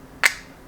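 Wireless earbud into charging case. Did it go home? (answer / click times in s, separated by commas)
yes / 0.3 s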